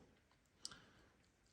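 A plastic suspension piece is wiggled onto its mount on the chassis of a small-scale Microrunner R RC crawler builder's kit and pressed in gently. A single sharp click sounds at 0.6 s as it snaps into place. The part is seated and stays there.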